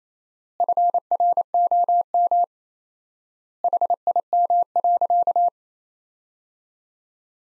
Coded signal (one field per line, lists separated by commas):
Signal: Morse code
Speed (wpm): 28 wpm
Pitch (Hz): 700 Hz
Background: none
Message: FROM HIM.